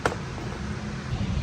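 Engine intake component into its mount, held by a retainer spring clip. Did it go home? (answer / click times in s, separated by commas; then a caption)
yes / 0.1 s. An engine intake component on a 2020 A90 Supra, removed while installing an aftermarket MST intake, is pushed back into its mount, where a small retainer spring clip holds it. A single sharp click at 0.1 s stands out over a steady low hum. The part seats back in place.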